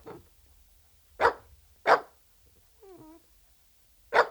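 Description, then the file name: Dachshund barking, a few sharp barks spaced irregularly, with a brief whine-like tonal note before the last bark. "Het blaffen van een teckel - Sound Cloud - Beeld en Geluid"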